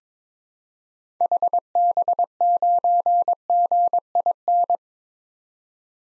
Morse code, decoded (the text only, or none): HB9GIN